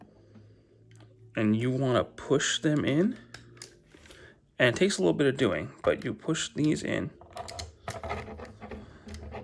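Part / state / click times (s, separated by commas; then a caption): shoulder-locking levers going into the robot toy's torso / not seated / none. Someone talks while pushing two small plastic shoulder-locking levers into the torso of a die-cast and plastic Soul of Chogokin GX-71 Go Lion (Voltron) robot toy, which takes a little effort. Light tapping and handling sounds come between the talking. Nothing has seated or clicked yet, so the levers are not yet locking the shoulders in place.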